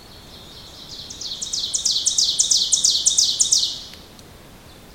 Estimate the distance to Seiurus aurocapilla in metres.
about 15 m